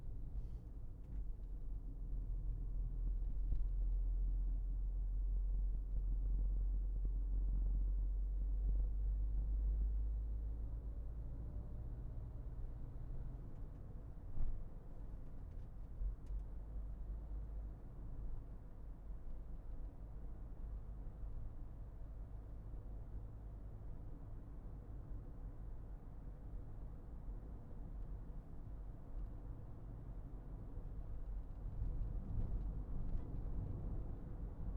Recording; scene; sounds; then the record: everyday scene through a hearing-aid microphone; in a vehicle; engine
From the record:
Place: Berlingo II, diesel engine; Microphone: behind the ear, left, rear